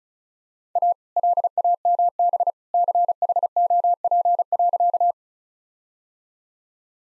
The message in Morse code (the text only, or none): A LAMB CHOP.